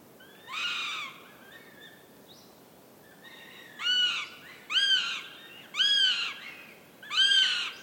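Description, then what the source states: Northern goshawk chicks begging with arched, harmonic wails, a longer cry first, then after a pause four shorter calls about a second apart. Chicks at a nest in forest, Central Sweden, 29 June 2018, overnight; chicks fighting and begging for food, calls echoing around the forest.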